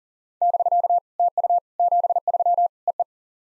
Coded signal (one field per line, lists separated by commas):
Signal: Morse code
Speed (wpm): 40 wpm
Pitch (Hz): 700 Hz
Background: none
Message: <BK> TU 73 EE